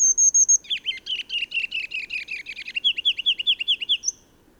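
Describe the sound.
Bird song: several high, piercing notes, then a brisk, rhythmic stream of lower buzzy chirps, closing on a high note.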